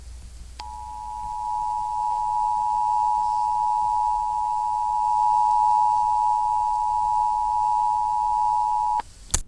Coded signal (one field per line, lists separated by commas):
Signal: Emergency Alert System (SAME) tones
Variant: 853 and 960 Hz attention tone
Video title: EAS Scenario: Mickey Mouse.EXE